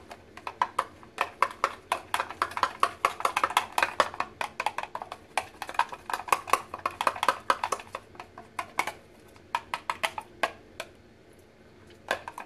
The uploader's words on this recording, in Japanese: お夕飯のおかずメイキング中の音。台所のoto。調味料開ける音。